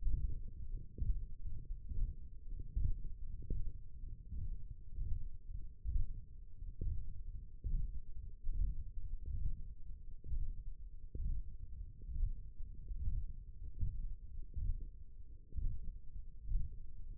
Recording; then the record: forearm muscle sounds (acoustic myography)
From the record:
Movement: radial deviation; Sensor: system 1, eight BSWA MPA416 microphones around the upper forearm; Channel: 1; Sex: male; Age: 23 years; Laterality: right